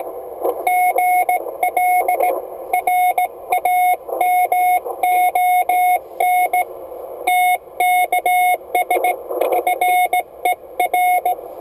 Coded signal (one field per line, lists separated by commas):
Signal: Morse code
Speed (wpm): 17 wpm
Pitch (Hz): 720 Hz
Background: none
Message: GL RAMON TKS FER